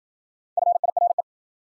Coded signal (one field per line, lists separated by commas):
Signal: Morse code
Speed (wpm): 52 wpm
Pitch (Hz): 700 Hz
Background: none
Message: FIRE